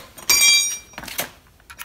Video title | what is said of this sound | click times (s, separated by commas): How To Sharpen Reel Mower - Back Lap Mower Reel | this little clip right here when I showed you guys last time I took it off with a flathead screwdriver that just snaps back into place here | 0.3 s